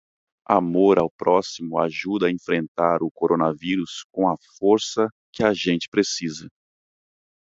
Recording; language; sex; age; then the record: spoken sentence; Brazilian Portuguese; male; 30 to 39 years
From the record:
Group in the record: control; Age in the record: 34 years